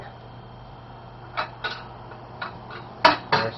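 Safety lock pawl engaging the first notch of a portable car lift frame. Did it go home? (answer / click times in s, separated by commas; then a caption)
yes / 3.0 s. As the frame of a BendPak QuickJack BL-7000SLX portable car lift is raised, a few soft metallic knocks sound over a low steady hum. At 3.1 s a sharp metallic click rings out as the metal safety lock pawl drops into the first notch, and another clank follows shortly after. The safety lock is seated in its first position.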